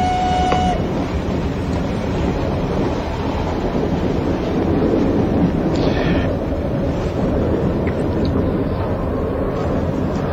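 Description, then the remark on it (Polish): A passenger train rolls along the rails with a steady, loud, dense rumble and rattle lasting the whole time, a brief thin whine near the start, and no voices. “Prawdopodobnie to pociąg relacji Warszawa-Częstochowa, skoro takie rymy, albo ich brak.”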